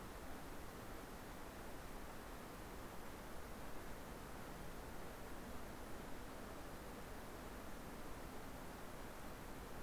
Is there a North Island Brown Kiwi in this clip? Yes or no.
no